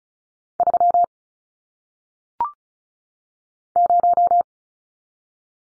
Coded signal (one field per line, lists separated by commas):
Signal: Morse code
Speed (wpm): 36 wpm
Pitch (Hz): 700 Hz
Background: none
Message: 3 0